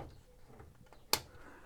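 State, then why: Seated. A plastic collectible robot figure, the Moon Studios MS-06 Cool Peak (Seizan), is mid-transformation as a part on the other side is pushed into its locking slot on the figure body. After faint soft handling sounds, a sharp, bright snap rings out at 1.1 s. The panel locks into place and holds everything very firmly.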